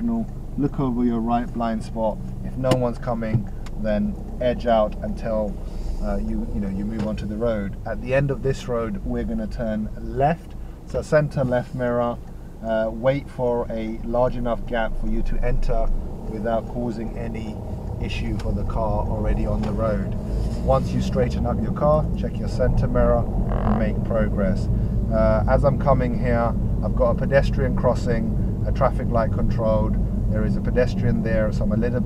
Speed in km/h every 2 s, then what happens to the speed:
0, 0, 5, 6, 2, 0, 0, 2, 6, 13, 18, 26, 24, 24, 24, 21.
0-2 standing. 2-5 pulls away to 6. 8-14 standing. 14-22 pulls away to 26. 22-32 steady at about 24.